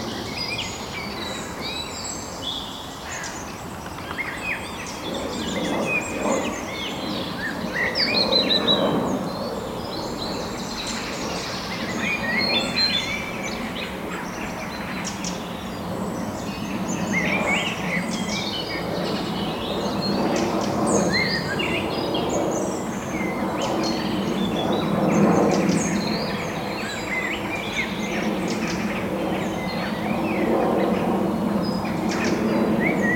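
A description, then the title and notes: A dense dusk chorus of birdsong spills from trees, bright chirps and trills overlapping without pause for the whole stretch. Lower, throatier calls swell up now and then, around eight, twenty and twenty-five seconds, over a faint steady outdoor hush. Soothing woodland birdsong and the chanting of herons. The riot of dusk birdsong spilling down from the trees beside the track. Recorded by Daniel Graham and presented by Hannah Tribe.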